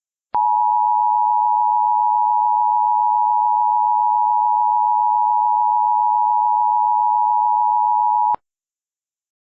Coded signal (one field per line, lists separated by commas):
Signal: Emergency Alert System (SAME) tones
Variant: 853 and 960 Hz attention tone